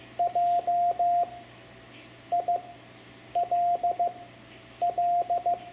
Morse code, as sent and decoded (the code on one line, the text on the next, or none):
.--- .. .-.. .-..
JILL